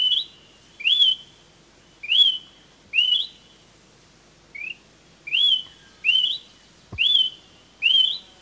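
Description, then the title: Smoke-colored pewee giving a series of sweet upslurred whistles, roughly one each second, with one brief lower note and a faint click partway through. Subspecies zarumae. "LuckyPassaro Completos2Sama. Smoke-colored Pewee (Contopus fumigatus zarumae)"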